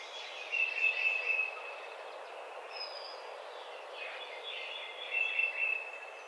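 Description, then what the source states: Tufted titmouse: clear whistled phrases in two bouts, with a faint higher whistle between them and steady background noise. Recorded 30 April 2009.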